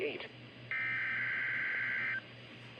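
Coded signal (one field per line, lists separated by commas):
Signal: Emergency Alert System (SAME) tones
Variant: header bursts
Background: speech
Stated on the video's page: Routine required weekly test SAME tones; the receiver struggled with a degraded signal on one date.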